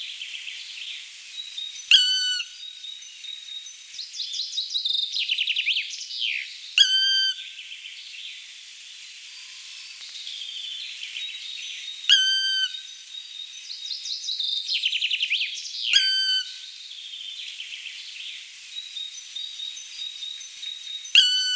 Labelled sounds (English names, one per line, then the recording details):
Black Woodpecker
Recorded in the wild
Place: Jägerhof / Breisach am Kaiserstuhl, Baden-Württemberg, DE
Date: 1986-04-05
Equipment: Uher Report Monitor
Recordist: Schwarz, Dieter